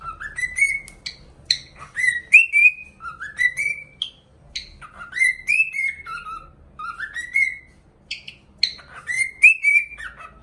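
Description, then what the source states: Cockatiel song: many rapid rising whistled phrases in loose groups, with clicks and chirps between. Song for training a pet cockatiel.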